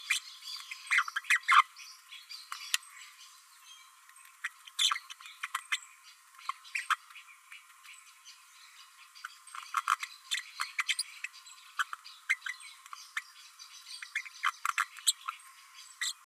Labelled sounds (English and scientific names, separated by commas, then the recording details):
Green-rumped Parrotlet (Forpus passerinus) babbling
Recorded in a nest box in Venezuela
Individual 18B12A1